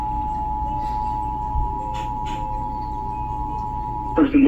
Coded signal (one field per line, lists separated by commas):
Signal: Emergency Alert System (SAME) tones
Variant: 853 and 960 Hz attention tone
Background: speech